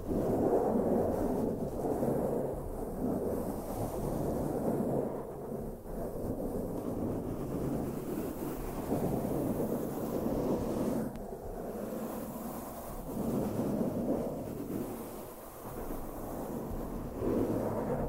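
Continuous brushing against a microphone, a thick low rumbling scrape that fills the lows and mids without pause. The strokes swell and ease in uneven waves, with brief softer dips around 6, 11 and 15 seconds. No voice is heard.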